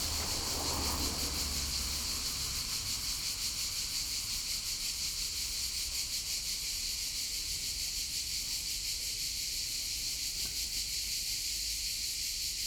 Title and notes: Via Irnerio, 40, 40126 Bologna BO, Italien - city crickets trafic. innenstadt sommer zikaden strassenverkehr